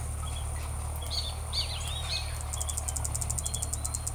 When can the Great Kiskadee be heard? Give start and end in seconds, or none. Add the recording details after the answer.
1.02-2.45. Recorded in forest near Pivijay, Magdalena, Colombia, on 2 June 2023 at 16:00. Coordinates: 10.467, -74.380. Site Z5-G034